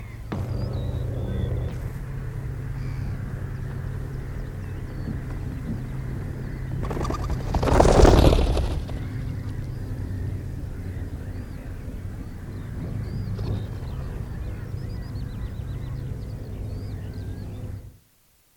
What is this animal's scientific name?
Philomachus pugnax